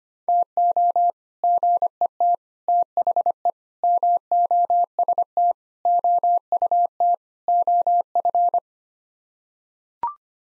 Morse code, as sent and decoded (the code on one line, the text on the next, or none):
- --- / --. . - / - .... . / -- --- ... - / --- ..- - / --- ..-.
TO GET THE MOST OUT OF